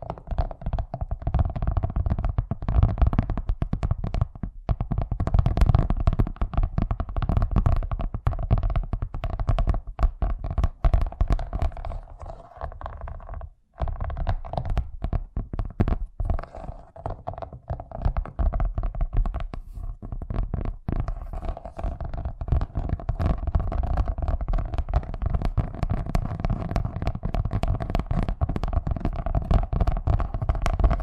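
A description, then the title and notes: Fast, dense tapping runs almost nonstop over a low rumbling undertone and a steady hum, dropping out briefly around thirteen seconds. ASMR Braingasm Inducing Fast Tapping (No Talking).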